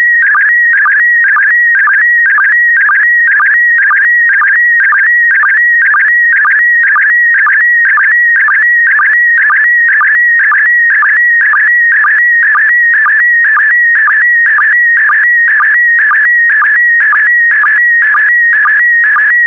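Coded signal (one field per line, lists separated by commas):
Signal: SSTV (slow-scan television)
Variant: PD120 mode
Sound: continuous warbling, chirping tone with a steady rhythmic blip about twice a second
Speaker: complete. You can now check your decoded image against the picture that is shown on the video.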